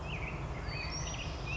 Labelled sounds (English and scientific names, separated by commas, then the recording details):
Black-headed Grosbeak (Pheucticus melanocephalus)
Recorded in Sonoma County, California